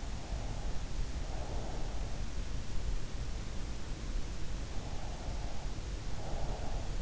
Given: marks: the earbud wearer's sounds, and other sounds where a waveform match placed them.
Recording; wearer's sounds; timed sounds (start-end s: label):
sounds in sleep by an in-ear microphone; breath
0.00-2.24 s: breath
4.72-7.01 s: breath